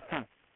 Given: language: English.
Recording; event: throat vibration sensor signal played as sound; cough